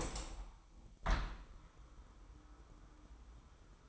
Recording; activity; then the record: daily activity, microphone in the room; open window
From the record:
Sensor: 1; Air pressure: 999.9 hPa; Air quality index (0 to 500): 237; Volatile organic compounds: 108 ppm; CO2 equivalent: 3805 ppm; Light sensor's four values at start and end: 10/25/10/11 and 11/27/11/12